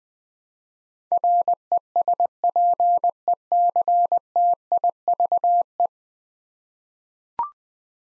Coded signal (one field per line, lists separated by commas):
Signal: Morse code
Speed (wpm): 20 wpm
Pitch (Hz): 700 Hz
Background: none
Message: RESPECTIVE